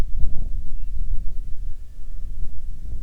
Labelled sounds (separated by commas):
bird